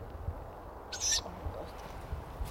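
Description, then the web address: Ural owl giving a single short, hoarse, high hissing call over quiet low background noise. Recorded in May 2008. "viiru. birdersdiary toukokuu-2008"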